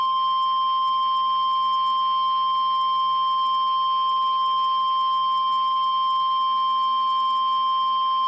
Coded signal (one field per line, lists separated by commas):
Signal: Emergency Alert System (SAME) tones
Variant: 1050 Hz attention tone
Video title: An Unexpected Surprise| EAS Alerts From 6/26-7/2/2020 (EAS #41-44) Also Please Read Description